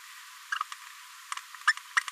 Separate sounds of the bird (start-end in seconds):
1.67-1.72, 1.96-2.00